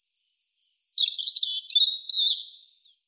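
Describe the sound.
European robin singing a faint thin opening note, then a rich, high warbling phrase of trills and twittering that fades at the end.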